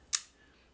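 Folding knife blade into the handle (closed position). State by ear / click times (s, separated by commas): seated / 0.1 s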